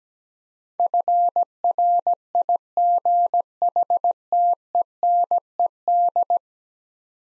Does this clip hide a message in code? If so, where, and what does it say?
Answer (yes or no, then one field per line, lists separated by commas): yes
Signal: Morse code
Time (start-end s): 0.8-6.4 s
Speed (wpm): 17 wpm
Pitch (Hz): 700 Hz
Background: none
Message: FRIGHTENED